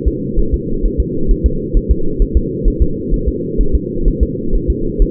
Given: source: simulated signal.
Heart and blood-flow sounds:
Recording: fetal heart sounds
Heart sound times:
0.08 s: S2
0.39 s: S1
0.54 s: S2
0.85 s: S1
1.00 s: S2
1.31 s: S1
1.46 s: S2
1.77 s: S1
1.91 s: S2
2.22 s: S1
2.37 s: S2
2.68 s: S1
2.82 s: S2
3.14 s: S1
3.28 s: S2
3.61 s: S1
3.75 s: S2
4.08 s: S1
4.23 s: S2
4.55 s: S1
4.70 s: S2
5.02 s: S1
From the record:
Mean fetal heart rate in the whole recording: 130 bpm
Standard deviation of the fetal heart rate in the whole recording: 4 bpm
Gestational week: 38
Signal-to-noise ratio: -8.1 dB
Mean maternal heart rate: 72 bpm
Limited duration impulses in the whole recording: absent

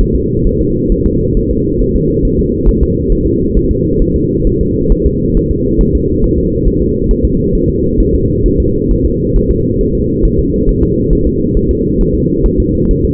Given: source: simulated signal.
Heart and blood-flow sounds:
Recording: fetal heart sounds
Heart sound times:
0.01 s: S1
0.16 s: S2
0.47 s: S1
0.61 s: S2
0.92 s: S1
1.06 s: S2
1.37 s: S1
1.51 s: S2
1.81 s: S1
1.96 s: S2
2.25 s: S1
2.39 s: S2
2.69 s: S1
2.83 s: S2
3.12 s: S1
3.27 s: S2
3.57 s: S1
3.71 s: S2
4.02 s: S1
4.16 s: S2
4.47 s: S1
4.61 s: S2
4.92 s: S1
5.06 s: S2
5.37 s: S1
5.51 s: S2
5.81 s: S1
5.95 s: S2
6.24 s: S1
6.38 s: S2
6.67 s: S1
6.82 s: S2
7.11 s: S1
7.25 s: S2
7.55 s: S1
7.69 s: S2
8.00 s: S1
8.14 s: S2
8.46 s: S1
8.60 s: S2
8.91 s: S1
9.05 s: S2
9.36 s: S1
9.51 s: S2
9.81 s: S1
9.95 s: S2
10.25 s: S1
10.39 s: S2
10.69 s: S1
10.83 s: S2
11.13 s: S1
11.27 s: S2
11.57 s: S1
11.71 s: S2
12.01 s: S1
12.15 s: S2
12.46 s: S1
12.60 s: S2
12.91 s: S1
13.05 s: S2
From the record:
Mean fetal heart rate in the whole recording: 135 bpm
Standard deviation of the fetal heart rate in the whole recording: 3 bpm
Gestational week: 36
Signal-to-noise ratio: -14.7 dB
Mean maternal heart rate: 72 bpm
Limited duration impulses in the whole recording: present

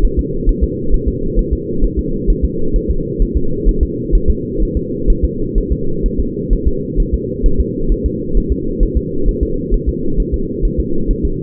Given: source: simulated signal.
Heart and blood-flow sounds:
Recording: fetal heart sounds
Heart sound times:
0.04 s: S1
0.19 s: S2
0.49 s: S1
0.64 s: S2
0.94 s: S1
1.08 s: S2
1.39 s: S1
1.53 s: S2
1.84 s: S1
1.99 s: S2
2.30 s: S1
2.45 s: S2
2.76 s: S1
2.91 s: S2
3.22 s: S1
3.37 s: S2
3.69 s: S1
3.83 s: S2
4.15 s: S1
4.30 s: S2
4.62 s: S1
4.77 s: S2
5.10 s: S1
5.25 s: S2
5.58 s: S1
5.72 s: S2
6.06 s: S1
6.20 s: S2
6.53 s: S1
6.68 s: S2
7.00 s: S1
7.14 s: S2
7.46 s: S1
7.60 s: S2
7.92 s: S1
8.06 s: S2
8.37 s: S1
8.52 s: S2
8.83 s: S1
8.97 s: S2
9.28 s: S1
9.43 s: S2
9.74 s: S1
9.89 s: S2
10.20 s: S1
10.34 s: S2
10.65 s: S1
10.80 s: S2
11.11 s: S1
11.25 s: S2
From the record:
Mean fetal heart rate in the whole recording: 130 bpm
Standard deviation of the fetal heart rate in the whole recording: 2 bpm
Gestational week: 38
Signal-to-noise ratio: -8.1 dB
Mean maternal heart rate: 72 bpm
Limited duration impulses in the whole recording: absent

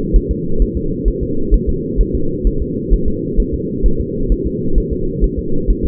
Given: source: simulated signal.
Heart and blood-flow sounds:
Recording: fetal heart sounds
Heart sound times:
0.16 s: S1
0.31 s: S2
0.62 s: S1
0.77 s: S2
1.08 s: S1
1.23 s: S2
1.54 s: S1
1.69 s: S2
2.01 s: S1
2.15 s: S2
2.47 s: S1
2.62 s: S2
2.94 s: S1
3.08 s: S2
3.40 s: S1
3.54 s: S2
3.86 s: S1
4.00 s: S2
4.32 s: S1
4.47 s: S2
4.78 s: S1
4.93 s: S2
5.24 s: S1
5.39 s: S2
5.70 s: S1
5.85 s: S2
From the record:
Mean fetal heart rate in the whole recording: 130 bpm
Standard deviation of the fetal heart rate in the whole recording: 2 bpm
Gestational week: 36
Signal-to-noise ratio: -8.1 dB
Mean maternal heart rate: 72 bpm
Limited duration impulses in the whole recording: absent

